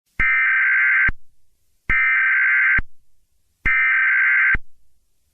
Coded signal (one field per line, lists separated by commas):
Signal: Emergency Alert System (SAME) tones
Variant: header bursts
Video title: eas scenario#1 The dangerous Mafia